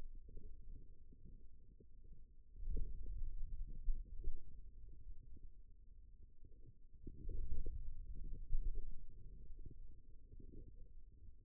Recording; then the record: forearm muscle sounds (acoustic myography)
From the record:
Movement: wrist flexion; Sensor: system 2, bracelet of six BSWA MPA416 microphones around the upper forearm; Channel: 6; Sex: male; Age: 22 years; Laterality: right